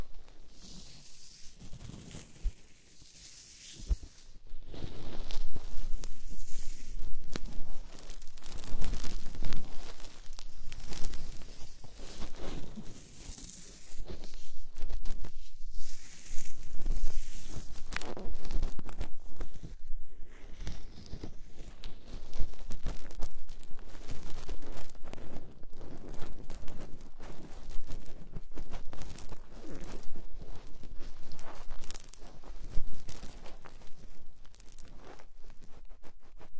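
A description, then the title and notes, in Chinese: Lace gloves rub and massage against the ears in a dense, continuous stream of soft scratchy crinkling and brushing. After a quiet first few seconds the rubbing starts around five seconds and keeps going with irregular swells and brief dips, bright hiss over a low muffled thump. 带着蕾丝手套，按摩你的小耳朵。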